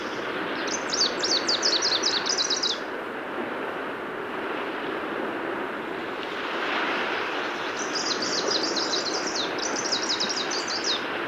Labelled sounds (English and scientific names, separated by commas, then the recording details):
Greenish Warbler (Phylloscopus trochiloides) song
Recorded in the wild
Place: Binz, Insel Rügen, Mecklenburg-Vorpommern, DE
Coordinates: 54.374, 13.662
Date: 1978-06-17
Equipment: Nagra III BH, Sennheiser MD 21, parabola
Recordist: Schubert, Michael
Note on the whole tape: Spontangesang Grüner Laubsänger